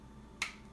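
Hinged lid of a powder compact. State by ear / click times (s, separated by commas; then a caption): seated / 0.4 s. The hinged plastic lid of a Fenty Beauty setting powder compact is closed and snaps shut with a single sharp click at 0.4 s, locking in place. The rest of the clip is a quiet, steady background hum.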